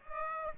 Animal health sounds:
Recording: mosquito wingbeat signal from an infrared sensor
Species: Aedes aegypti

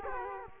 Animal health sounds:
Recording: mosquito wingbeat signal from an infrared sensor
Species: Culex quinquefasciatus

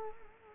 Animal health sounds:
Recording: mosquito wingbeat signal from an infrared sensor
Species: Culex quinquefasciatus

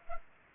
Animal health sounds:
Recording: mosquito wingbeat signal from an infrared sensor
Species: Culex pipiens

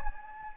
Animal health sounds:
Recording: mosquito wingbeat signal from an infrared sensor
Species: Anopheles gambiae

